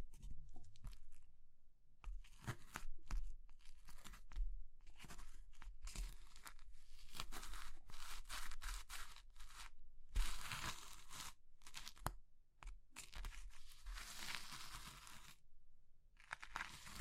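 Brittle crushing sounds of soap, chalk, meringue or pastel being broken and pressed, a dense run of crisp crackles and crunches. Bright bursts come every second or so, with brief silent gaps, growing fuller and longer around ten to fifteen seconds.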